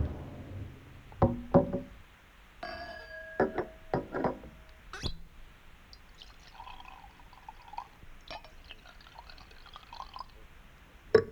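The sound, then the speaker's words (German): Cognac is poured into a glass, with sharp clinks and knocks of glassware, a bright ringing tone, and a gurgling trickle that fades in and out. “Darf ich Ihnen einen Cognac anbieten?”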